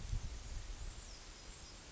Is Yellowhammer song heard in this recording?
no